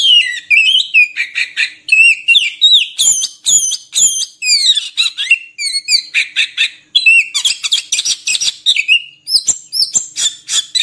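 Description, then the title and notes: Oriental magpie-robin song: fast, varied whistled phrases with slurred rising and falling notes and harsh chattering bursts, delivered almost without pause. Long-duration song recording used to train caged birds to sing actively day and night. "Kacer Jadi Gacor Siang Malam. Isian Kacer Durasi Panjang"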